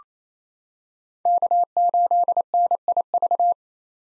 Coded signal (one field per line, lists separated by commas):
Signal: Morse code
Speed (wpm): 28 wpm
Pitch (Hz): 700 Hz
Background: none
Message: K8NIV